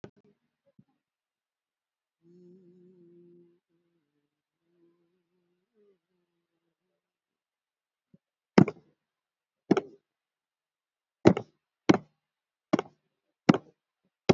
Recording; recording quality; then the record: sustained vowel as in beet; poor, much background noise or distortion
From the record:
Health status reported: healthy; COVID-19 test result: not tested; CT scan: not taken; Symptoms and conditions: hypertension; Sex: female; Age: 73 years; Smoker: no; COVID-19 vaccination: one dose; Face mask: not worn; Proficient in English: no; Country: India